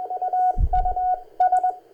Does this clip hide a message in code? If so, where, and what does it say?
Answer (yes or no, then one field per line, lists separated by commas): yes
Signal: Morse code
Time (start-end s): 0.2-1.7 s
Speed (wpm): 21 wpm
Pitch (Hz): 730 Hz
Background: none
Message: AUS